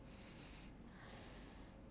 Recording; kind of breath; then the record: one breath in and out by a microphone near the nose and mouth; deep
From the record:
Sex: male